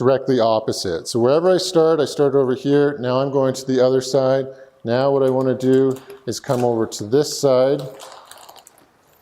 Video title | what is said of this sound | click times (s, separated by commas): 47" Rapid Deep Parabolic Softbox | one up till it locks in oops just got to get a bit of tension | none